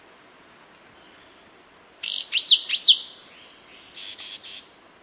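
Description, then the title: Yellow-green grosbeak song: one bright phrase of three high slurred notes, followed by softer buzzy notes over a thin steady background tone. Subspecies frontalis. "LuckyPassaro Completos2Sama. Yellow-green Grosbeak (Caryothraustes canadensis frontalis)"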